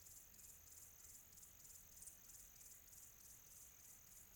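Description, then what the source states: Cricket chirping, a rapid high pulse at about three beats per second, uniform and continuous. Quiet tropical atmosphere.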